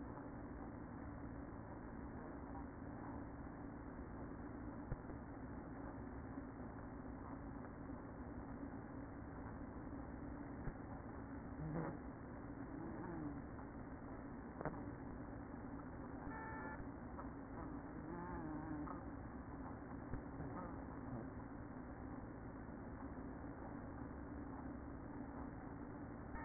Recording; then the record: honeybee colony, microphone inside the hive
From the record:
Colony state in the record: queen present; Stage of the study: after two queens were removed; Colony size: about 60,000 bees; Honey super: yes